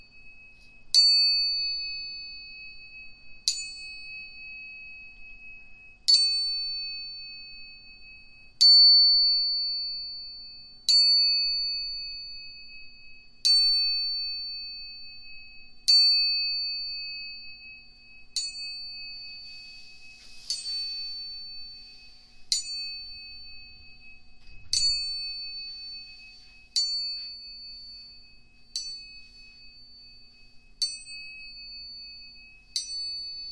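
Two tuning forks are struck again and again, roughly every two and a half seconds, each strike a bright ping that rings out and slowly fades. Two high, pure tones hold steady underneath throughout. A brief rustle near twenty seconds and a soft low bump around twenty-five.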